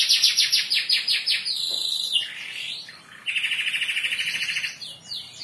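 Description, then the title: Atlantic canary song: a quick series of bright descending notes, then a sliding whistle and a long, rapid rolling trill of even pulses. "Kenari"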